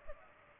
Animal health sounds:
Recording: mosquito wingbeat signal from an infrared sensor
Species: Culex pipiens

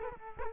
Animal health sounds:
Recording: mosquito wingbeat signal from an infrared sensor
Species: Culex quinquefasciatus

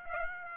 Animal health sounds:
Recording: mosquito wingbeat signal from an infrared sensor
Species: Aedes aegypti

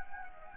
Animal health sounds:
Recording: mosquito wingbeat signal from an infrared sensor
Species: Anopheles gambiae

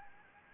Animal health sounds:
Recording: mosquito wingbeat signal from an infrared sensor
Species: Anopheles gambiae

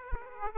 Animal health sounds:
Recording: mosquito wingbeat signal from an infrared sensor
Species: Aedes aegypti

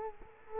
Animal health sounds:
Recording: mosquito wingbeat signal from an infrared sensor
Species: Culex quinquefasciatus

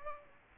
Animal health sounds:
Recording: mosquito wingbeat signal from an infrared sensor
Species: Aedes aegypti

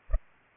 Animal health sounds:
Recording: mosquito wingbeat signal from an infrared sensor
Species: Culex pipiens

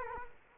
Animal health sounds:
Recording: mosquito wingbeat signal from an infrared sensor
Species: Culex quinquefasciatus

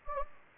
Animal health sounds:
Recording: mosquito wingbeat signal from an infrared sensor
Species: Anopheles gambiae

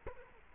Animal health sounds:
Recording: mosquito wingbeat signal from an infrared sensor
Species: Culex quinquefasciatus

